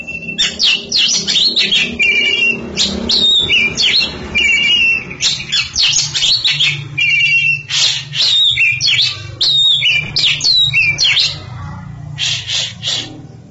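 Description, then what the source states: Oriental magpie-robin singing continuously, rich varied phrases of sharp chips, warbled trills and bright whistles in short bursts with brief gaps, over a faint low rumble. Champion singing bird.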